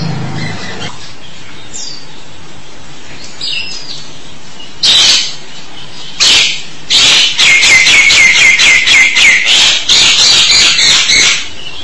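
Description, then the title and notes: Starling song: a few soft chirps, then loud harsh notes building into a rapid run of repeated buzzy, whistled phrases. "suara burung jalak"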